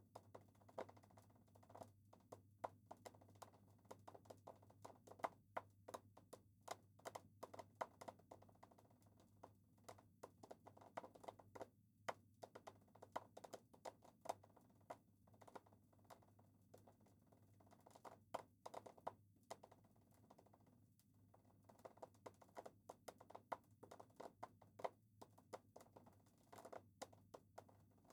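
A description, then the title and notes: A wood-wick candle crackles with quick, irregular pops and ticks that never let up, some louder snaps standing out around 12, 19 and 27 seconds. A steady low hum sits underneath the whole time. Wood Candle.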